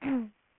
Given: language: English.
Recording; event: throat vibration sensor signal played as sound; throat clearing